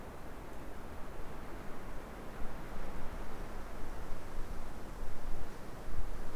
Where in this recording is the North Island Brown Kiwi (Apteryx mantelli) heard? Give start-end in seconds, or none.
none